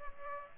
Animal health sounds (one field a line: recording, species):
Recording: mosquito wingbeat signal from an infrared sensor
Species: Aedes aegypti